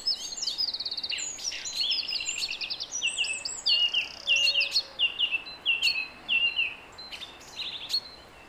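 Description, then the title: Song thrush song, a rapid repeated note series followed by a short phrase sung again and again, several times in succession, clear over quiet background. Song at 06h. "Zanglijster 06h Durenne2"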